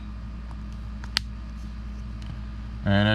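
After the coin battery in a 2019 Chevy Equinox 5-button smart key remote is replaced, the two plastic case halves are pressed back together by working around the edge. Faint ticks at about 0.5 s and 1.0 s lead to one sharp snap at 1.2 s as the case seats, with another soft tick near 2.2 s. Someone talks over a steady low hum that grows louder and more tonal from about 2.9 s.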